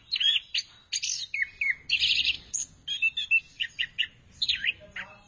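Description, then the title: Thrush singing rich, varied phrases of loud whistles, buzzy notes and quick rising and falling slurs, separated by brief gaps. "burung anis x"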